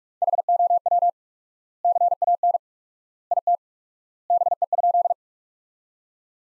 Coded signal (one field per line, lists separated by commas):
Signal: Morse code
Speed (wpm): 47 wpm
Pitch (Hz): 700 Hz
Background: none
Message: HOW CAN IT BE?